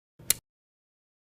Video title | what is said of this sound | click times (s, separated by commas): Symbicort® Turbuhaler® Informasi Pasien untuk Penggunaan Symbicort | hingga Anda mendengarkan bunyi klik yang kedua. | 0.3 s